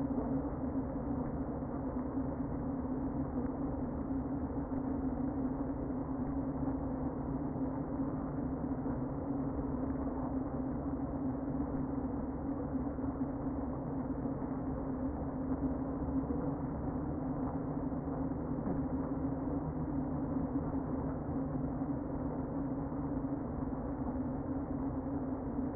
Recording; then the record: honeybee colony, microphone inside the hive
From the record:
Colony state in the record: queen present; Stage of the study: before two queens were removed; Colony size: about 60,000 bees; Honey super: yes